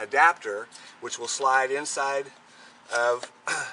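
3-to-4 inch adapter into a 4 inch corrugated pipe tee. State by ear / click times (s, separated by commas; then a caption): not seated / none. A 3-to-4 inch plastic adapter is handled next to a 4 inch corrugated drain pipe tee while someone talks. The adapter is being readied to slide into the tee, but nothing has seated or clicked yet.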